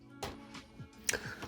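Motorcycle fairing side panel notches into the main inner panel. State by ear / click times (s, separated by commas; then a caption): seated / 1.1 s. The notches on the original plastic side fairing panel of a Hayabusa motorcycle are pushed onto the main inner panel, with softer bumps and handling noise at about 0.2 and 0.6 s. A sharp snap at 1.1 s is followed by a quick rattle as the panel seats. Unlike this original panel, the carbon fibre replacement panel won't snap on.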